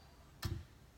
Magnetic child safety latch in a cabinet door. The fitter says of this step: you heard shot and click so this is really nice one-handed operation